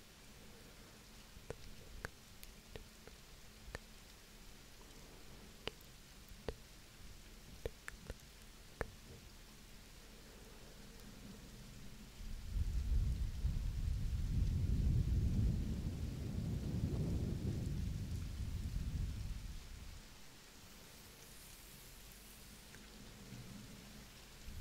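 Soft blowing swells into a deep, rumbling gust from about 12 to 20 seconds, then fades back. Before it, scattered sharp ticks and taps land irregularly over a steady low hiss, which continues quietly to the end.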